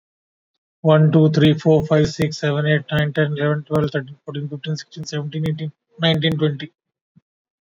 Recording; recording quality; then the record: counting at a fast pace; excellent, no background noise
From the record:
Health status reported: COVID-19 positive, moderate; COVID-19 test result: positive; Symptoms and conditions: cough, breathing difficulty, fever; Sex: male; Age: 42 years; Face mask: not worn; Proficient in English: yes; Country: India